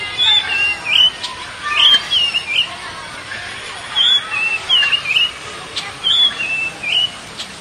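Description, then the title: Oriental magpie-robin singing clear, high whistled notes in short rising and falling phrases, delivered in several short series with brief pauses. "Kacer"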